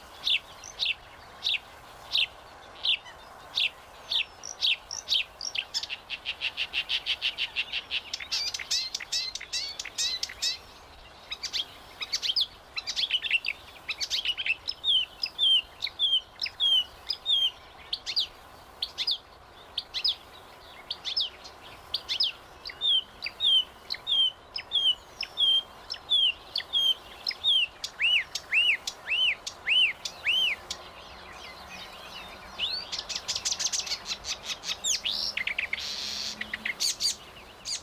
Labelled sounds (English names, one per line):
Marsh Warbler song